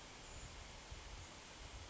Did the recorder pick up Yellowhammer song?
no